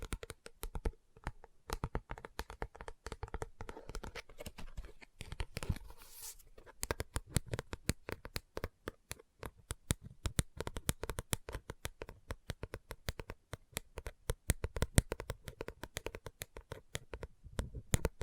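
Rapid, irregular tapping and scratching on a book fills the whole stretch, with dense clicks coming several per second. Around five to seven seconds a brighter rustling sweep stands out, like a page being turned, before the quick tapping resumes and carries on steadily.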